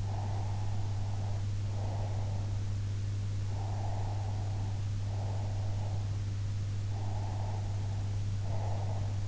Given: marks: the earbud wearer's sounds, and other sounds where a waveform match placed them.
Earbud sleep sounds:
sounds in sleep by an in-ear microphone; breath
0.04-2.51 s: breath
3.52-6.12 s: breath
6.95-9.27 s: breath

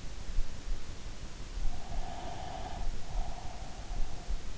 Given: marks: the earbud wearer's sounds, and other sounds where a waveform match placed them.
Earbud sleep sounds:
sounds in sleep by an in-ear microphone; breath
1.80-4.39 s: breath

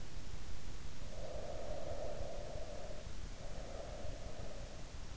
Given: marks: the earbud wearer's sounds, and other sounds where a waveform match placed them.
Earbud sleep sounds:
sounds in sleep by an in-ear microphone; breath
0.71-4.93 s: breath

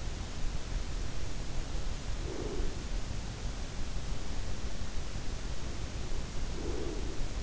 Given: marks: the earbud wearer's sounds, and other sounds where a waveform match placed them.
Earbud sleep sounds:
sounds in sleep by an in-ear microphone; breath
2.05-3.25 s: breath
5.55-7.40 s: breath

